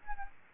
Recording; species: mosquito wingbeat signal from an infrared sensor; Aedes albopictus